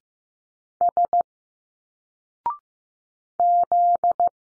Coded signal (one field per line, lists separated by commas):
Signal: Morse code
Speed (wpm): 15 wpm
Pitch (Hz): 700 Hz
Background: none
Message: S Z